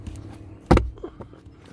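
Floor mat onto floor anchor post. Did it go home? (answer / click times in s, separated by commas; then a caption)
yes / 0.7 s. A Smartliners custom-fit floor mat is pressed onto the factory floor anchor post in a Ford Maverick truck. A sharp snap is heard at 0.7 s, followed by faint soft knocks, and the mat is seated on the anchor.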